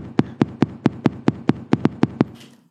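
Eleven sharp, evenly spaced taps in about two seconds imitate a very fast, regular adult heartbeat, with one beat landing slightly early. It is a normal sinus rhythm that has sped up even further, as after drinking espresso.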